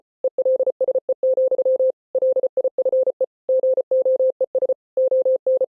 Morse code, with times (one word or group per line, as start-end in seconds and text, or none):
0.2-1.9 ELSE,
2.1-3.2 LIFE
3.5-4.7 GOES
5.0-5.6 ON